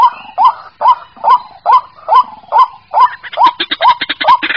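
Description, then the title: Yellow-vented bulbul calling: a fast run of short upslurred notes about twice a second, then rougher, harsher chattering bursts at the end. Lure sound used to attract birds. "PIKAT TRUCUKAN"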